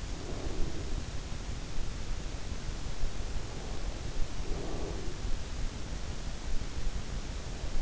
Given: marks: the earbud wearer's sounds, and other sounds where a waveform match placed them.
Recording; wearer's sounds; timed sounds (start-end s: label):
sounds in sleep by an in-ear microphone; breath
0.00-1.52 s: breath
3.59-5.20 s: breath